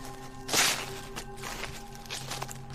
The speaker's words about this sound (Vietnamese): Tiếng bước chân của ông Sơn đi dưới đống lá khô cứ lạo xào, càng làm cho người ta cảm giác ghê rợn.